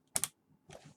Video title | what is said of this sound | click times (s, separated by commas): First time PC builders basics, while Building FrostByte | And give it a satisfying little click. | 0.2 s